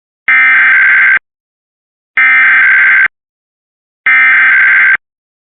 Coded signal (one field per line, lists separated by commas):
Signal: Emergency Alert System (SAME) tones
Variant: header bursts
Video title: Overnight Monthly Testing (EAS #629-647) 8/20-21/24